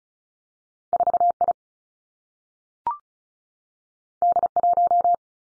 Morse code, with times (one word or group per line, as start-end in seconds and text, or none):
0.9-1.3 4
1.4-1.5 I
4.2-4.5 D
4.6-5.2 1